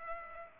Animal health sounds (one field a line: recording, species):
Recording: mosquito wingbeat signal from an infrared sensor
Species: Culex pipiens